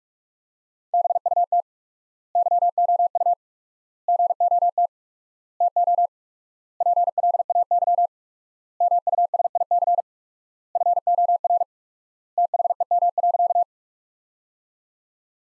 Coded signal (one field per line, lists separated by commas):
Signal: Morse code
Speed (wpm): 46 wpm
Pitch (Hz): 700 Hz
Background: none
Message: BUT YOU GOT TO PLAY MUSIC FOR THEM.